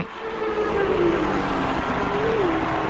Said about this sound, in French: Excuse-moi, 5 minutes, là, mais je voudrais bien entendre un peu des moteurs tourner. Ok, bah je t'ai fait goûter, là, je suis dans les paddocks quand ça en parle. Je t'ai fait goûter le moteur. On s'y croit, là.